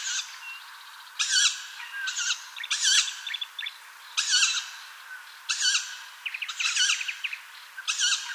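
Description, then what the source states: Tawny owl chicks giving repeated loud, rough hissing calls, with high squeaky notes in between. Owl chicks, recorded 27 May 2015.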